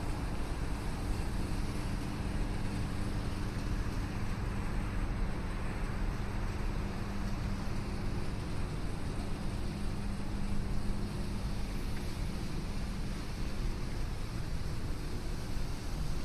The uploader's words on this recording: River Walk at Sunrise, Binaural City Sounds. Morning walk in Downtown Chicago, Illinois during the morning sunrise. I'm visiting Chicago for a few weeks in Chicago and wanted to record this on a chill morning when the River Walk wouldn't be to overly crowded with people.